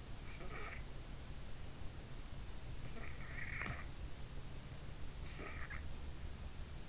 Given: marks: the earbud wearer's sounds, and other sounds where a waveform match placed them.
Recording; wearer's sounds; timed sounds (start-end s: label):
sounds in sleep by an in-ear microphone; snoring breath
2.55-4.67 s: snoring breath